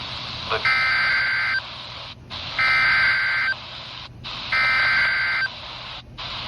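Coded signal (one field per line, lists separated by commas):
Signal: Emergency Alert System (SAME) tones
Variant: header bursts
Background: speech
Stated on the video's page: Weather radio alert on 162.500 MHz received about 82 miles from the transmitter on a RadioShack 12-254 weather radio.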